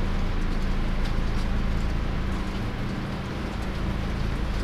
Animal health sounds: poultry house recording; no chicken sound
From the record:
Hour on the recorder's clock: 22

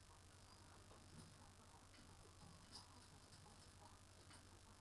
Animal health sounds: poultry house recording; healthy chickens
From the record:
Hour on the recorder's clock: 18

